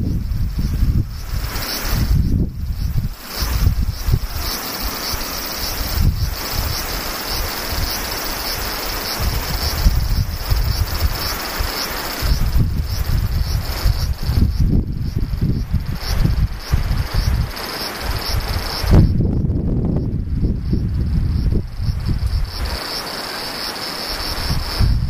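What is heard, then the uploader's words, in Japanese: Cicadas keep up a steady, thin high whine throughout, never pausing. Over it, wind buffets the microphone in uneven low rumbling gusts, easing briefly around the nineteen-second mark before picking up again, with some rustling in between. セミ風音。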